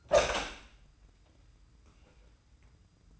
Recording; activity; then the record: daily activity, microphone in the room; open door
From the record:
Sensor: 2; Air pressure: 990.3 hPa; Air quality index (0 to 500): 186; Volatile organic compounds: 1000 ppm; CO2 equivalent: 5931 ppm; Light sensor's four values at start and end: 35/81/33/33 and 34/80/33/33